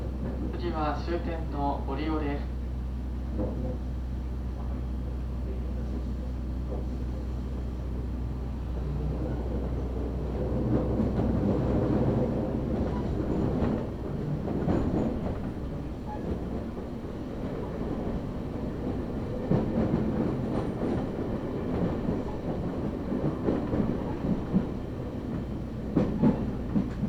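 A train ride on the Kagoshima and Chikuho lines, with a steady low rumble, a chime near the start, and swelling clattering wheel noise later.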